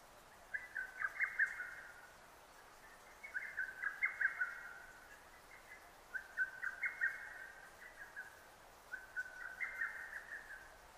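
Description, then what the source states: Lesser cuckoo delivering repeated rapid staccato phrases of sharp notes about every three seconds, with low background noise. 6 June 2009.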